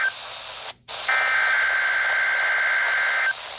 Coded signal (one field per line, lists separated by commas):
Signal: Emergency Alert System (SAME) tones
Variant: header bursts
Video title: (EAS "#954") NWR RWT (WXJ21) from K-LOVE WKVG-FM HD1-2-3 (Greenville, SC) - 4/29/2026